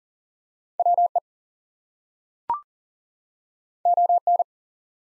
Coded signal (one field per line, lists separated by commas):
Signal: Morse code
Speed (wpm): 40 wpm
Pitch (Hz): 700 Hz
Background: none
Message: WE ON